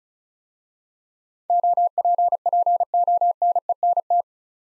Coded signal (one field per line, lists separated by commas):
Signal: Morse code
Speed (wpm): 36 wpm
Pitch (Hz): 700 Hz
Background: none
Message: OPPONENT